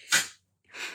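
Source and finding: Dog. Sneeze.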